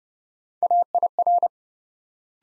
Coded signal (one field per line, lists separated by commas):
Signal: Morse code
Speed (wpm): 30 wpm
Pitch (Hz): 700 Hz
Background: none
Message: AIR